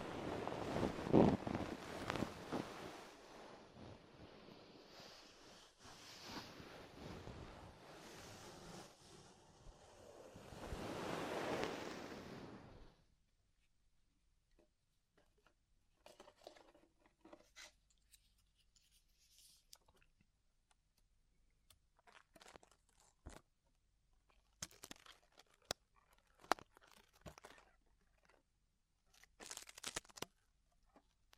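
Ear exploration sounds: dense rushing, rubbing noise for thirteen seconds, then quiet with scattered sharp clicks and taps until the end.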